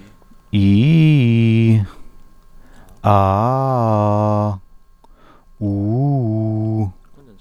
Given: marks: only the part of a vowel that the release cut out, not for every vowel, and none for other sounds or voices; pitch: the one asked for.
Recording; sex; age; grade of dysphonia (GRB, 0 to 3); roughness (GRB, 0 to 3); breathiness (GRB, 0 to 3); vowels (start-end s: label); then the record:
sustained vowels; male; 30 to 39 years; 0; 0; 0
0.62-1.71 s: vowel /i/, low-high-low pitch
3.22-4.45 s: vowel /a/, low-high-low pitch
5.66-6.77 s: vowel /u/, low-high-low pitch
From the record:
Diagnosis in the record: healthy voice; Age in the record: 34 years